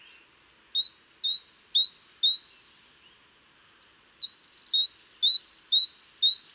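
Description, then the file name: Great tit song: two bouts of bright two-note phrases, a high note dropping to a lower one, repeated several times per bout with a pause between bouts. "Parus major"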